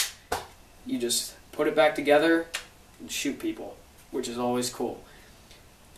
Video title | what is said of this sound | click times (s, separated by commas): Airsoft We G17 Review | let go, locks in place. | 0.3 s